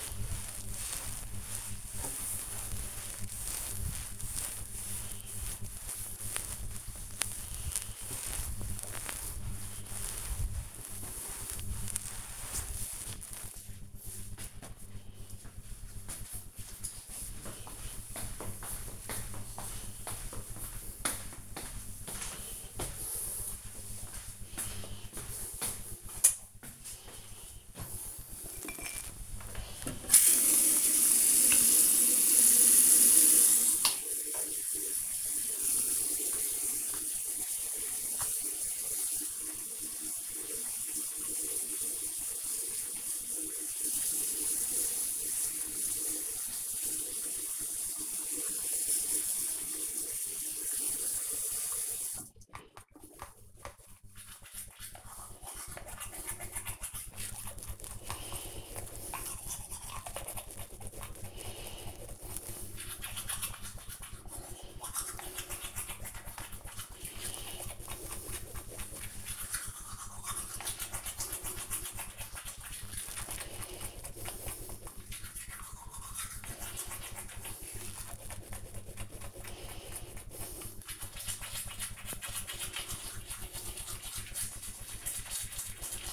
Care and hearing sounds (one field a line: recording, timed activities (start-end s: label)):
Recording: household activities, microphone on the right wrist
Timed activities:
0.00-13.21 s: cleaning table
26.32-86.13 s: brushing teeth